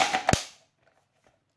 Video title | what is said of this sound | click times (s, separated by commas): Tokyo Marui F1 Famas Review Airsoft | you do is you push it back until it clicks in so | 0.3 s